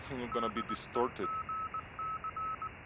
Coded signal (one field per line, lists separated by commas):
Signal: Morse code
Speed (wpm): 19 wpm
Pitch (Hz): 1300 Hz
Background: speech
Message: DEGC